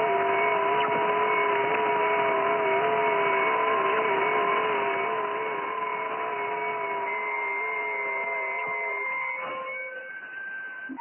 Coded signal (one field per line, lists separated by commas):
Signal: FT8